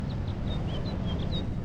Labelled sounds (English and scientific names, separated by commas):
House Finch (Haemorhous mexicanus) song